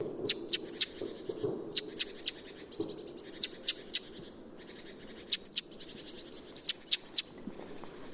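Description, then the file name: Great tit calling in repeated bursts of about three sharp, very high downward notes, several groups throughout over a steady low rumble. "Parus major"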